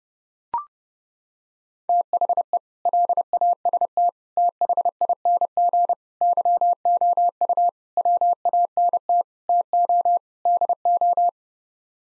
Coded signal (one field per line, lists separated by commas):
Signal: Morse code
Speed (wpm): 32 wpm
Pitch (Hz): 700 Hz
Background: none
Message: THE LAST THING YOU WANT TO DO